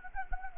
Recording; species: mosquito wingbeat signal from an infrared sensor; Anopheles gambiae